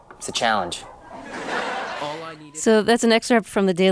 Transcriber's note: soundbite of laughter